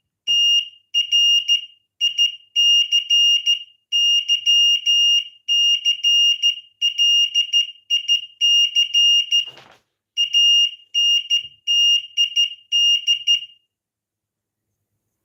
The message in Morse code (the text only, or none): TRICYCLIC ANTID